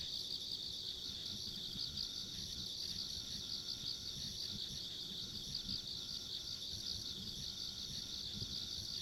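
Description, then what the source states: Insects produce a continuous high-pitched buzzing trill chorus, with a fainter pulsed trill higher still and low background rumble. Ambient insect sounds along a rural country road.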